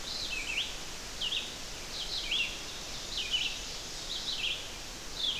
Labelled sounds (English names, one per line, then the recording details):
Red-eyed Vireo song
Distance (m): 25 m
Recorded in boreal forest in Alberta, Canada, on 12 June 2016 at 05:09
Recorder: SongMeter 3, array SBT-3-18
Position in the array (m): 249 m, 108 m